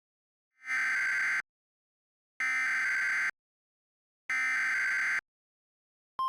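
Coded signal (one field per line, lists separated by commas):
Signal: Emergency Alert System (SAME) tones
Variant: header bursts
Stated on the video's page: Mock EAS alert, fictional.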